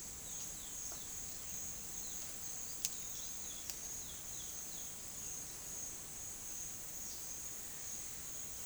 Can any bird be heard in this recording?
yes